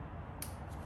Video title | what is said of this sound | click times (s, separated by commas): 2023 Tesla Model X Power Frunk Much Needed Improvement - Hansshow - Detail Install! #tesla #plaid #x | And it should snap right in, just like that. | 0.4 s